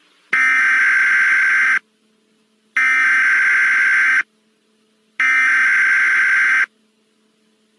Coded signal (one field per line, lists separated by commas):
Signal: Emergency Alert System (SAME) tones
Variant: header bursts